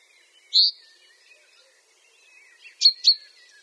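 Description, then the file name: Common chaffinch calls: a single short upslurred note, then after a pause two sharp, high, clipped notes in quick succession, with faint twittering behind. "Fringilla coelebs"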